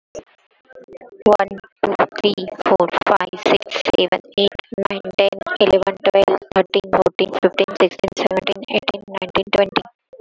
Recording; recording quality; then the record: counting at a normal pace; excellent, no background noise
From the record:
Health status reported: COVID-19 positive, no symptoms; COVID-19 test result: positive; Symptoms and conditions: sore throat, muscle pain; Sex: female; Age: 31 years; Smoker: not ticked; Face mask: worn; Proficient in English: yes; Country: India